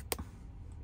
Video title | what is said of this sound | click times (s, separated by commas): Samsung Galaxy A54 5G Broken Screen Repair And Take Apart | going to hear that nice click | 0.1 s